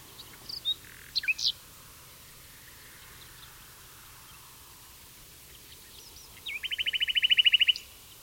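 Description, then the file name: Common nightingale delivering scattered sharp notes, a pause, then a fast, buzzy trill of many repeated notes lasting about a second. "Luscinia megarhynchos"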